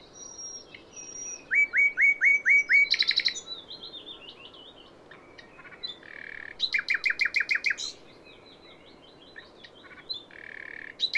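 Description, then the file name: Common nightingale song: pure whistled notes, runs of loud rapid repeated notes and a fast rattling series, with pauses between phrases. "Luscinia megarhynchos"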